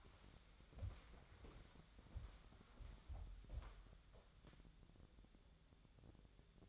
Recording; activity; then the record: daily activity, microphone in the room; walk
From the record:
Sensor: 3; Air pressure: 1015.3 hPa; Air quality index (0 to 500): 122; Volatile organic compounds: 5 ppm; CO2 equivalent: 1724 ppm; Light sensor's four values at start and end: 17/44/18/19 and 16/40/16/17